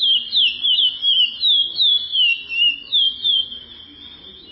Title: Canto De Curio